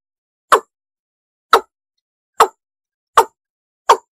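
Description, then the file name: Frog making five short, hollow knocking calls, spaced about a second apart or less, with nothing else heard. "tieng ga dong"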